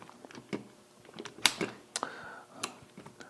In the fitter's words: Um and there's a little bit of a detent. Um so you can you can hear them click into place.